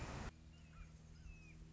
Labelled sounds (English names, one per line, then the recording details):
Red-shouldered Hawk
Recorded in Sonoma County, California